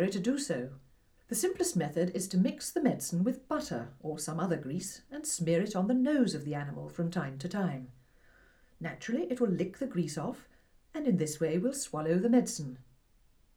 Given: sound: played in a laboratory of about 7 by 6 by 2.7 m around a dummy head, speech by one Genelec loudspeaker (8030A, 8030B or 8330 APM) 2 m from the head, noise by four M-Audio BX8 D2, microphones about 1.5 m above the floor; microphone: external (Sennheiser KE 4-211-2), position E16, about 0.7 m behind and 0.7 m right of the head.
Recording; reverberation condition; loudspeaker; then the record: female speech in English; low; behind (180 degrees)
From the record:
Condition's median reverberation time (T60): about 310 ms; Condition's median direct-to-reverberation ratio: about 3.5 dB